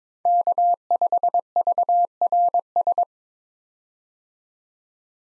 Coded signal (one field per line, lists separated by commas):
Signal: Morse code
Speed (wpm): 22 wpm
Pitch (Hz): 700 Hz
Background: none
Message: K5VRS